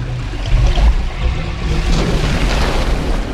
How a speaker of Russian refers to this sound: Что за шум? О, нет. Посмотри. Вода вытекает. Она вытекает.